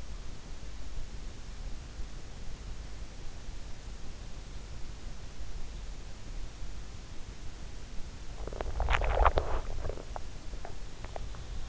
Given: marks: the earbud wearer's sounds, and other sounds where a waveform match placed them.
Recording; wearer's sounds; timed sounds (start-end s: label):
sounds in sleep by an in-ear microphone; swallowing
8.12-11.69 s: swallowing